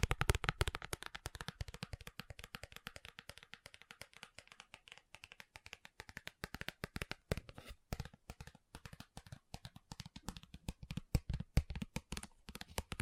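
Fast tapping runs the whole time, a dense stream of sharp, crisp clicks with barely a gap between them. The pace stays quick and fairly even, with louder, harder bursts at the very start and again toward the end, and a brief lull near eight seconds.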